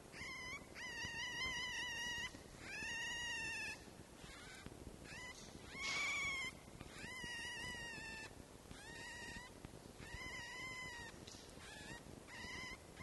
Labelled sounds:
Red Fox

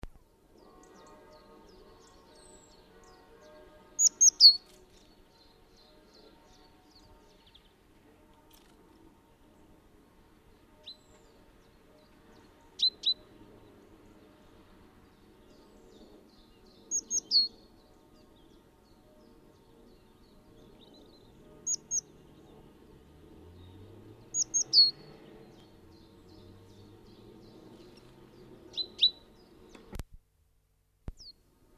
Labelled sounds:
Great Tit song

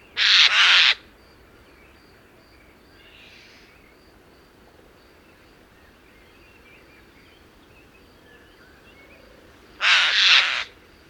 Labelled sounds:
Eurasian Jay call

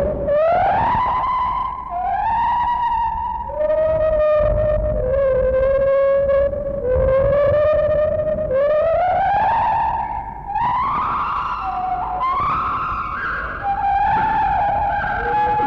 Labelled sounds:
Lar Gibbon

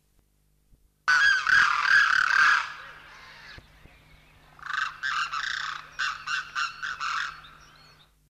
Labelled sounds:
Demoiselle Crane call

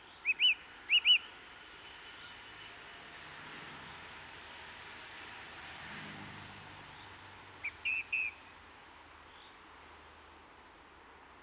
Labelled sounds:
Song Thrush song

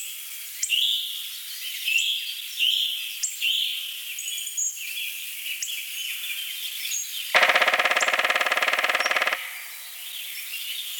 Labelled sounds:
Black Woodpecker

